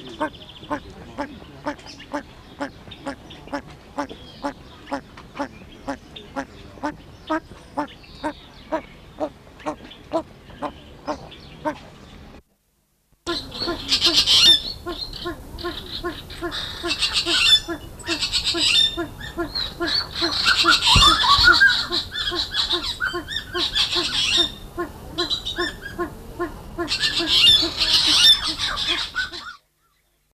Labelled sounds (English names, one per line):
Cabot's Tragopan call